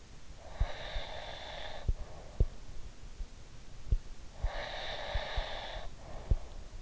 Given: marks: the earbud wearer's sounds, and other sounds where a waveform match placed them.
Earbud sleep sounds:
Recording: sounds in sleep by an in-ear microphone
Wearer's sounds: breath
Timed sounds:
0.49-2.73 s: breath
4.48-6.82 s: breath

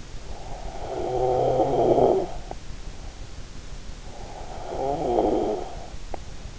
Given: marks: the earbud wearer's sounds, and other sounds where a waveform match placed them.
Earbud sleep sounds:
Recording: sounds in sleep by an in-ear microphone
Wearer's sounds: snoring breath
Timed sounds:
0.35-2.40 s: snoring breath
3.83-6.59 s: snoring breath

